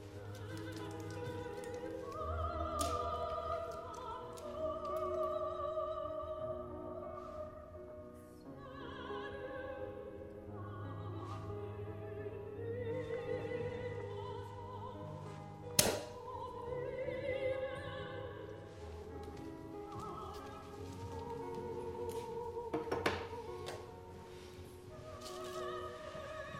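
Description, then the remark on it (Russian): A champagne bottle is uncorked with one sharp, sudden pop that stands out over steady, melodic background music, which plays on throughout without any talking. “Он открывает бутылку, пока женщина выпейте подошла ближе.”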